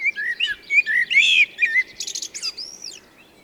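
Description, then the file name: Eurasian blackbird song phrase, mellow warbled whistles sliding up and down, then a burst of thin high twittering notes. "Turdus merula"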